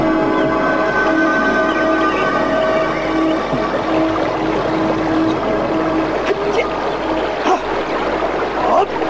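Steady, continuous rushing of the Cipunagara River flowing, heard from the riverbank in the morning, holds an even loudness throughout, with a few brief sharp splashes or knocks near the end.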